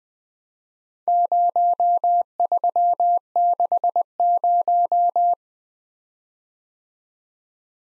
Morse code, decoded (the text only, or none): 0360